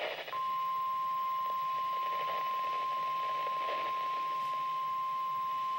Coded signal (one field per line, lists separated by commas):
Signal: Emergency Alert System (SAME) tones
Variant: 1050 Hz attention tone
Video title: REAL EAS 928-SVR